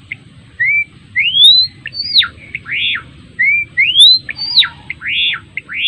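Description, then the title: Java sparrow singing a repeated phrase of rising whistled notes followed by sharp arched, descending notes and chips, given twice in succession, with low background hum. Adult male in active, vigorous song. "Gelatik Belong Gacor Jantan Dewasa"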